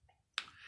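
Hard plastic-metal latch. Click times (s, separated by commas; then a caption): 0.4 s. Pressing the magazine release button on a Bruni Glock 17 blank-firing replica pistol releases its 15-round magazine from the grip. After a few faint soft sounds, one sharp, bright click lands at 0.4 s, followed by a lingering high-pitched rattling hiss. The magazine comes out.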